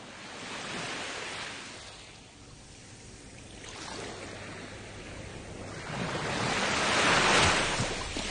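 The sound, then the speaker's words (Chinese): Ocean waves roll onto the shore in broad hissing swells, fading to a softer wash midway and then surging louder again toward the end, with no voices present. “听下啲海浪声有咩感觉？”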